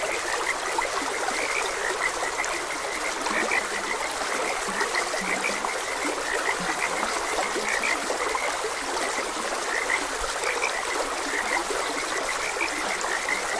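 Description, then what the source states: Frogs croaking in a steady chorus of short repeated notes over the constant hiss of a flowing stream. Several frogs croaking beside a gentle stream.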